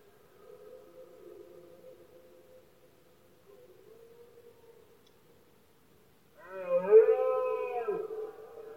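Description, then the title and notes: Red deer: a low steady drone, then a red deer bursts into a loud, harsh, two-second roar near the end. Male red deer roaring during the rut, locally called berrea or brama del ciervo, one of Spain's most imposing nature spectacles; recorded at night in Spain, when surroundings are quiet. "Paisaje sonoro: Berrea #04. La época de celo del ciervo se conoce comúnmente como “berrea del ciervo” o “brama del ciervo”. los poderosos bramidos de los ciervos machos"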